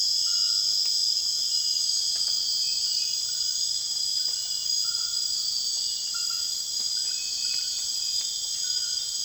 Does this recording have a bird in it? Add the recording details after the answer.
no. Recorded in secondary vegetation near Puerto Asís, Putumayo, Colombia, on 30 June 2025 at 21:00. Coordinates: 0.485, -76.322. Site GP06